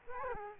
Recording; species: mosquito wingbeat signal from an infrared sensor; Culex quinquefasciatus